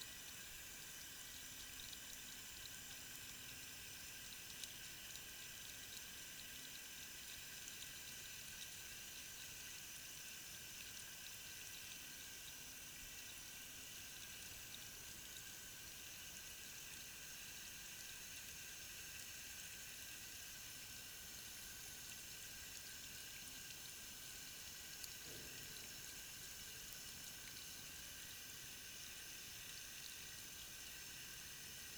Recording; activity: daily activity, guitar pickup as the sensor; wash hands